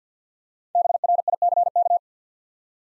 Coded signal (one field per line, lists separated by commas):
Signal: Morse code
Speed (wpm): 51 wpm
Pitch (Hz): 700 Hz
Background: none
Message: BRICK